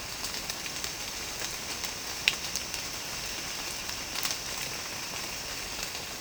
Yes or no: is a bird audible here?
no